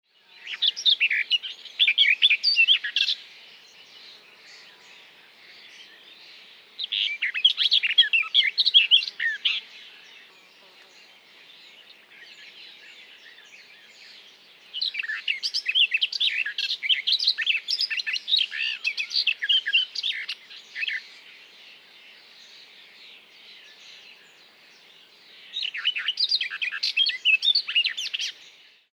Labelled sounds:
Barred Warbler
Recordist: Frommolt, Karl-Heinz
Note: Gesang

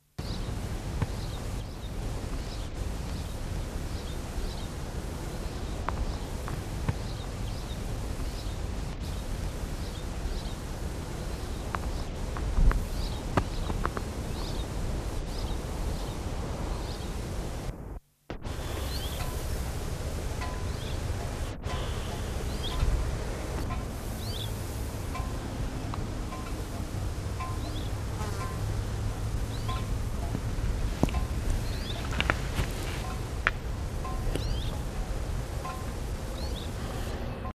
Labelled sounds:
Pale Rockfinch call
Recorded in captivity
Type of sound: call
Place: Hermon, IL
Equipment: Halbspur, 9,5 cm/s
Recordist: Lütgens, Hans
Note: Rufe

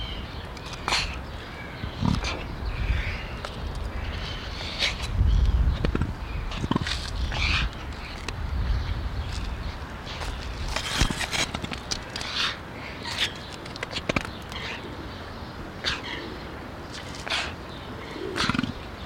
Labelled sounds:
Emu
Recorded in captivity
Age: adult
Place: Zoo Berlin, Berlin, DE
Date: 1994-02-05 12:16
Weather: heiter bis wolkig, 0 °C, Wind
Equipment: Marantz CP 430, Sennheiser MKH 416 T, Kopie Uher Variocord 263
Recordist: Tembrock, Günter
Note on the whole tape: 2 Tiere, Laute unterschiedlich, am Gitter auf Beobachter bezogen; fauchend, knurrend auch helle Lautelemente

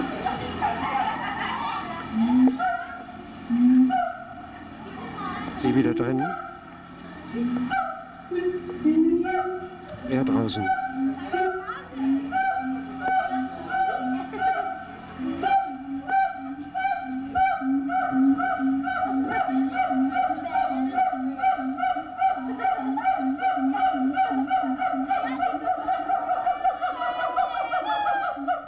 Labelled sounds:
Siamang
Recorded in captivity
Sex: pair
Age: adult
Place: Zoo Berlin, Berlin, DE
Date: 1985-05-23 10:12
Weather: sonnig, Wind, 12°C
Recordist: Tembrock, Günter
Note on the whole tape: Zusammenhängende Duett-Rufreihe

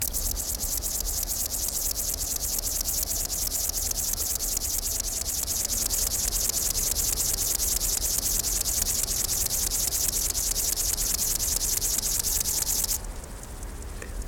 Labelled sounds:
Upland Field Grasshopper stridulation
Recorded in the wild
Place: Karower Teiche, Naturpark Barnim, Berlin, DE
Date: 1992-09-27 11:25
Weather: sonnig, 17-22°C
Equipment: Marantz CP 430, Sennheiser ME 80, Kopie Tesla B 116
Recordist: Tembrock, Günter

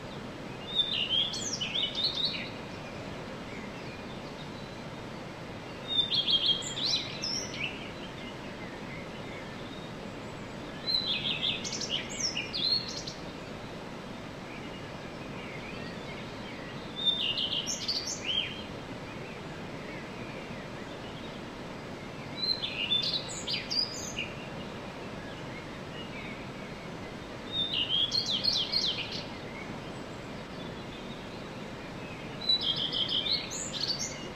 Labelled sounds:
Common Redstart
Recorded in the wild
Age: adult
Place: Untertweng, AT
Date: 1968-04-14
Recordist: Brunner, Thomas
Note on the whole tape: Aufnahme: Untertweng, Kärnten

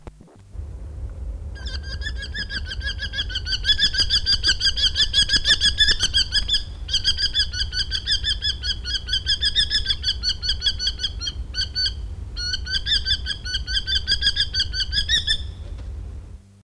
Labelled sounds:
Eurasian Hobby call
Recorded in the wild
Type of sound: call
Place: Neustadt am Rübenberge, Niedersachsen, DE
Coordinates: 52.5094, 9.3239
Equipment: Halbspur, 9,5 cm/s
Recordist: Lütgens, Hans
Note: Bei Bannseehütte: Angstlaut

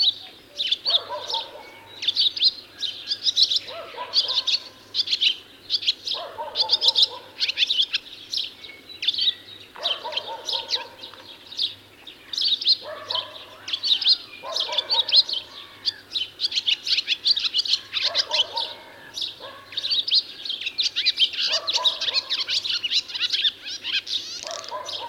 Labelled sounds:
Barn Swallow song
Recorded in the wild
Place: Lütow, Insel Usedom, Mecklenburg-Vorpommern, DE
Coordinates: 54.032, 13.888
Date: 1975-06-13 13:15
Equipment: Nagra III BH, Sennheiser MD 21, parabola
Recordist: Schubert, Michael
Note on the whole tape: Gesang Rauchschwalbe

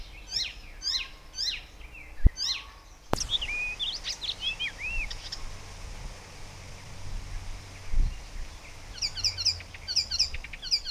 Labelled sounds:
Icterine Warbler
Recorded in the wild
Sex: male
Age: adult
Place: Erlangen, Bayern, DE
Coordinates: 49.6306, 10.9508
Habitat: pond
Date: 1962-06-13
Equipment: Stellavox SM 5, AKG D19, Original, Vollspur
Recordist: Tretzel, Erwin

